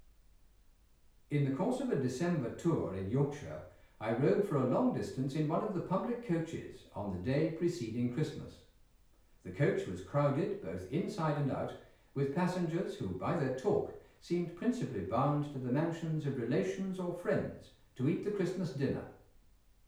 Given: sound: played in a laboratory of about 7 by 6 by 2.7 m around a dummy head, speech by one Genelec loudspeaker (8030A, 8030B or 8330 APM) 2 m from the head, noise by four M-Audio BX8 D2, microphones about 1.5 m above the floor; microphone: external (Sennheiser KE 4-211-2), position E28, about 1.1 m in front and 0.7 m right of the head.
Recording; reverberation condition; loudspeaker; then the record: male speech in English; medium; 150 degrees to the left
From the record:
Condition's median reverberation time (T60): about 510 ms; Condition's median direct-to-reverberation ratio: about -0.5 dB